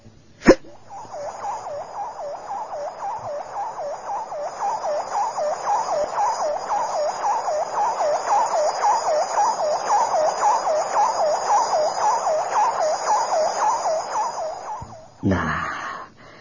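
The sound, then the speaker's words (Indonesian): A rapid warbling vehicle siren wails steadily for about fifteen seconds, its pitch sweeping up and down in quick regular cycles, opening with a sharp click and ending in a brief burst of noise. “Suara itu mirip suara sebuah kendaraan di kota primitif Sinon.”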